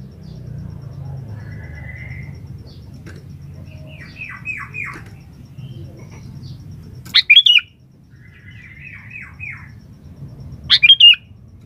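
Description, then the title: Sooty-headed bulbul gives two loud, chortling phrases about four seconds apart, while softer runs of falling chirps come between them over a low rumbling background. "Kutilang"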